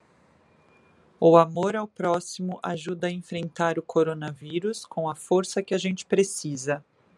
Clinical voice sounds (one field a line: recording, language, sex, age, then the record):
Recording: spoken sentence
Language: Brazilian Portuguese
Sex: female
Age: 40 to 49 years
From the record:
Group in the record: control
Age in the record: 46 years